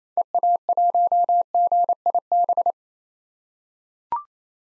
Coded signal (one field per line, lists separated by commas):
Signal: Morse code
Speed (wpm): 28 wpm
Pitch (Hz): 700 Hz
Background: none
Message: EA1GIB